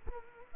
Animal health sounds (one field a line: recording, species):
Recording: mosquito wingbeat signal from an infrared sensor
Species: Culex quinquefasciatus